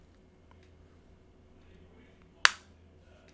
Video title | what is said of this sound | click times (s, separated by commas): Soundcore Liberty Air 2 - Fully Wireless Earbud Review | hear that click | 2.4 s